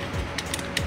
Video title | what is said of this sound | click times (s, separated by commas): BMW 5 Series E39 Interior Lights Installation - 4th Generation - 1995-2002 | Just make sure everything clicks properly. | 0.8 s